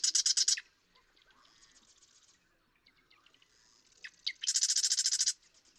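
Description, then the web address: Marsh Wren song: a short, rapid, buzzy rattle opens, soft scratchy notes follow, then a longer, loud mechanical trill near the end. "birdsongforthecurious Marsh Wren"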